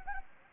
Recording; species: mosquito wingbeat signal from an infrared sensor; Anopheles gambiae